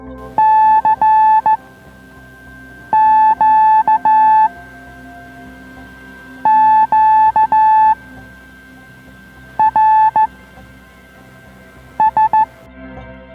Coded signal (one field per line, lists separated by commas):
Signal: Morse code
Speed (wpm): 15 wpm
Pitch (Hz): 870 Hz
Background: music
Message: C Q Q R S